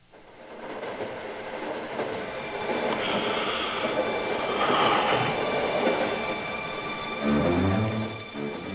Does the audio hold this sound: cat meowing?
no